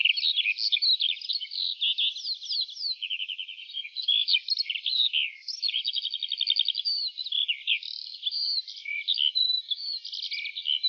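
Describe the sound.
Lark's long unbroken song of high twitters, buzzy trills and rapid repeated notes, steady and hurried throughout.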